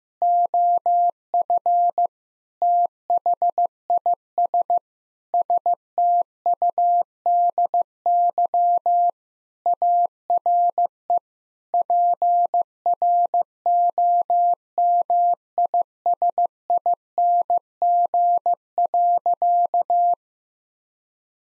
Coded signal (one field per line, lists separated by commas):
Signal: Morse code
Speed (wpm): 15 wpm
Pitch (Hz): 700 Hz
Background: none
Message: OF THIS STUDY ARE PROMISING.